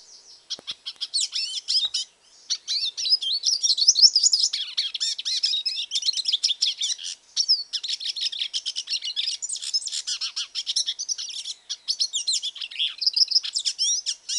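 Hooded siskin delivering a nearly continuous, high, jumbled twitter of rapid chirps, slurred whistles and short trills throughout.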